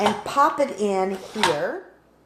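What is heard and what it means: A plastic blade height guide is handled and popped toward its place in a kitchen cutting tool, likely a spiralizer or slicer, to set the blade height for linguine cuts, while someone talks throughout. The clip ends before the guide clamps down, so nothing has seated or clicked yet.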